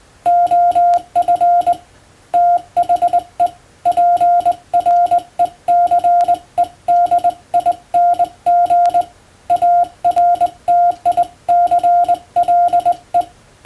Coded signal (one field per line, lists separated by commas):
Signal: Morse code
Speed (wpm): 21 wpm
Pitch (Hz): 700 Hz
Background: none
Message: OF THE PRECEDING ARTICLE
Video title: 無線従事者国家試験総合無線通信士電気通信術のトレーニングにＣＷを打ってみました。アマチュア無線ハムの受信練習にもどうぞ(morse code practice for radio operator )